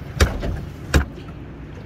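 The locking nuts on a crab-pot anchor reel, fitted to its boat mount on a Kingfisher 1825 small powerboat, are moved from unlocked to locked. Two loud, sharp knocks sound at 0.2 s and 0.9 s as the mechanism engages. The reel snaps into place and is locked so it cannot rotate; pushing it outward unlocks it to spin freely.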